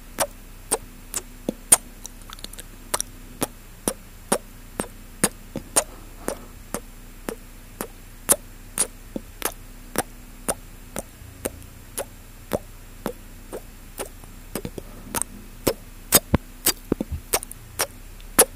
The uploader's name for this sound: MOUTH SOUNDS ASMR